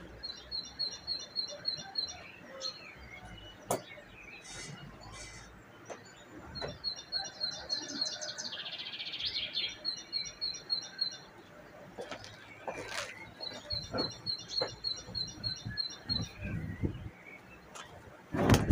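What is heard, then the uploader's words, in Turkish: Birds sing in repeated bright trilled phrases around 4 kHz, with scattered chirps, low rustling noises, and a loud thump at the end. Kuş Sesleri.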